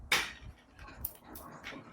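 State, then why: Released. A tester screwdriver pokes the small nib in the side hole of an LED tube light's plastic end cap to pry its latch open. Sharp clicks are heard at 0.1 s and 1.1 s, with fainter knocks between them. The end cap lock is released.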